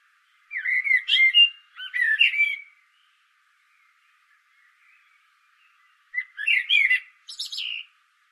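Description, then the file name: Common blackbird song: a fluty phrase with high squeaky ending, a quiet gap of a few seconds, then another warbled phrase closing in twittering. "Turdus merula"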